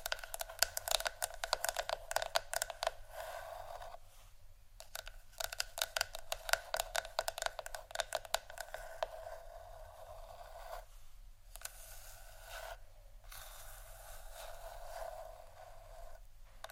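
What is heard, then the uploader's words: Wooden ASMR triggers: dense, rapid tapping and clicking fills the first ten seconds, with brief pauses near the fourth second. After that the sound turns to a softer, steady scratching and scraping, broken by short silences around eleven and thirteen seconds, over a faint low hum. ASMR Wooden Triggers（No Talking）.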